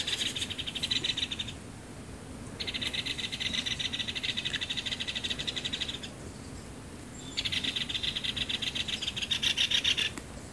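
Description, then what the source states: Great Spotted Woodpecker quarrel calls in three long bursts of rapid, grating rattles, several notes per second, separated by short quieter gaps. Two individuals at a fat feeder, also chasing each other in a dead pine in the yard, quarrelling; sounded like a neighbour starting a frozen separator; nearly -30 degrees frost; on a holiday; Riipi.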